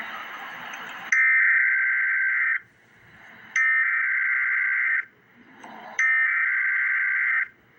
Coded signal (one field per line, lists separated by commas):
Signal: Emergency Alert System (SAME) tones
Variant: header bursts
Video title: Emergency Alert System - Special Weather Statement - Dec 3, 2025 at 1:09 PM EST